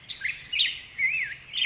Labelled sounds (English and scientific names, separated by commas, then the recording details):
Black-headed Grosbeak (Pheucticus melanocephalus)
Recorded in Sonoma County, California